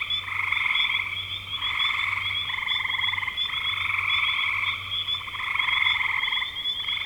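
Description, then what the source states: Frog chorus of overlapping pulsed trills with a faint low droning hum beneath, calls almost unbroken. Frogs in spring 2025.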